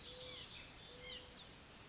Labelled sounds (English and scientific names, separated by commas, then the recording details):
White-breasted Nuthatch (Sitta carolinensis)
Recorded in Sonoma County, California